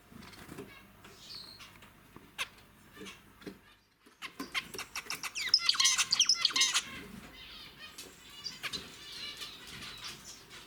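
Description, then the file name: Zebra finch song: scattered clicks and short notes, then a loud burst of buzzy phrases in the middle, followed by softer chatter. "pesnya zebrovoi amadiny"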